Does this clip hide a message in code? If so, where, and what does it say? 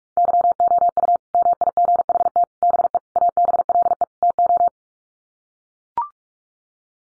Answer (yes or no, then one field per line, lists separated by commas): yes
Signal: Morse code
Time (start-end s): 0.2-4.7 s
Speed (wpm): 44 wpm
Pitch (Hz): 700 Hz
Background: none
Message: YOU MIGHT BE ABLE TO